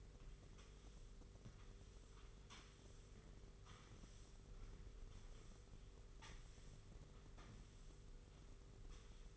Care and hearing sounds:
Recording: daily activity, microphone in the room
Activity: sweep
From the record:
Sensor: 4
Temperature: 27.3 degrees Celsius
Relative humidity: 40.1%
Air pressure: 991.3 hPa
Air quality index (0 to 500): 158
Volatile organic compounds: 127 ppm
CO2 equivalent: 3911 ppm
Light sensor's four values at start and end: 23/77/28/29 and 23/77/28/29

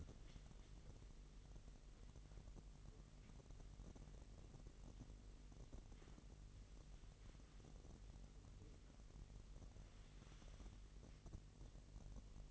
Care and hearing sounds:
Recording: daily activity, microphone in the room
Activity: wipe stove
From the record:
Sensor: 4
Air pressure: 1001.7 hPa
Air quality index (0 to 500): 248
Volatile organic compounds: 40 ppm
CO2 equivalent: 3153 ppm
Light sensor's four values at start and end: 8/18/7/6 and 8/17/7/6

